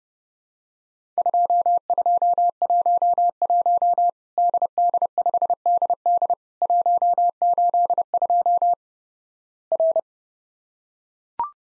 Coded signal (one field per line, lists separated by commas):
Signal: Morse code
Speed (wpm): 32 wpm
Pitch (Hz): 700 Hz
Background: none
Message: 2211 DD5DD 182 R